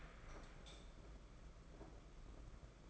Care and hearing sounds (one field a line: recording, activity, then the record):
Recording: daily activity, microphone in the room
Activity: light on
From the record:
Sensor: 5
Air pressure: 992.1 hPa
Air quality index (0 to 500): 205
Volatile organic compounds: 1000 ppm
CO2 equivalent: 5920 ppm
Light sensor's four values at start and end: 8/19/7/8 and 8/19/7/8